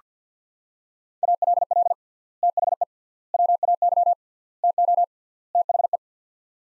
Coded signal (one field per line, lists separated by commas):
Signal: Morse code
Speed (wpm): 47 wpm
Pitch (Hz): 700 Hz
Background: none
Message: ALL THE WAY TO THE